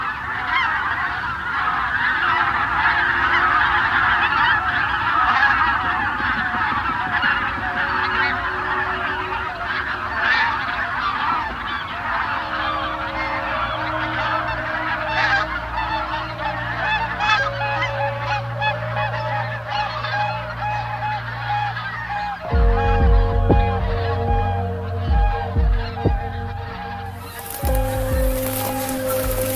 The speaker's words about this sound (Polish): takiego stada gęsi i wejścia po prostu w głąb, w szczegół, w detal, nie po prostu w sam dźwięk, w to, że możemy nazwać jakiś gatunek, ale wejście w ten pejzaż dźwiękowy, w ten moment, że tych ptaków jest na przykład kilkaset i jest się obok nich.